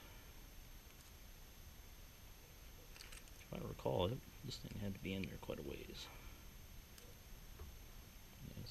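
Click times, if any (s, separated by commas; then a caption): none. Someone talks while tightening the detent spring and set screw on the spring-loaded detent in an Atlas lathe's split nut lever, then works the lever to listen for a distinct snap. Only faint handling noises are heard under the voice; the detent has not snapped yet.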